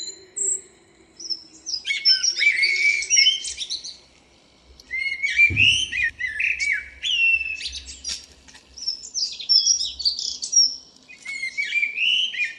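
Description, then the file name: Common blackbird singing rich warbled phrases that end in high squeaky flourishes, three phrases in quick succession, with a brief low thump midway. "Turdus merula"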